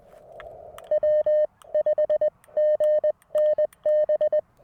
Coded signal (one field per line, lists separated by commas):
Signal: Morse code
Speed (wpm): 20 wpm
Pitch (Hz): 590 Hz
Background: none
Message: W5GNB